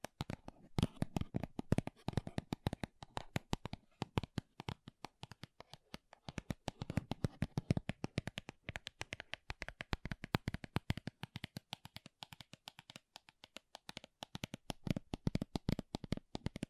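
Rapid tapping and scratching on makeup containers, a dense stream of sharp clicks and scrapes running the full length. The taps come in quick irregular bursts with brief lulls, bright and crisp, and a faint low rustle sits beneath them.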